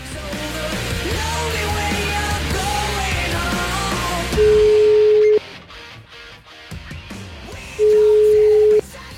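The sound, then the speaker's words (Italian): A phone call being placed to the Mezzaluna Rossa (Red Crescent) association: after a stretch of dense background noise, two steady, mid-pitched ringback tones sound, each about a second long, separated by a quiet pause of a few seconds. “Facciamo una telefonatina, dai.”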